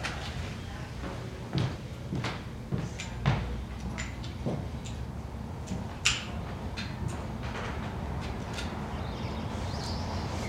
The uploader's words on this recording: RT Slight Motion, Gym by Bandeto. Int. RT Slight Motion, Gym.